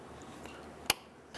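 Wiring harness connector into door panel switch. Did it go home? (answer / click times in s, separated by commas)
yes / 0.9 s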